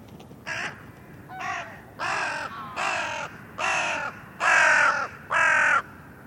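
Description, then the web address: Bird sounding a steady sequence of hoarse caws, about one per second, starting softer and growing louder toward the close. "cianscape birddata Deverinetal 2025 Bird Only"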